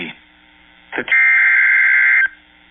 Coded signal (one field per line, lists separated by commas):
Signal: Emergency Alert System (SAME) tones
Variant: header bursts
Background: speech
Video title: 2 Severe Thunderstorm warnings EAS 104-105